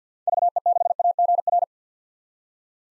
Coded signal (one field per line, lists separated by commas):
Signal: Morse code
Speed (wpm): 50 wpm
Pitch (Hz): 700 Hz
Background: none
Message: VE6AGR